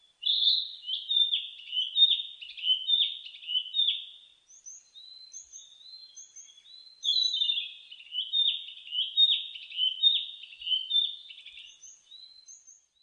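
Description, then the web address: Narcissus flycatcher song: two long phrases of quick, varied whistled and warbled notes, with thin high notes above, separated by a stretch of soft high notes. Recorded on 15 May 2004. "2004 040515 kibitaki"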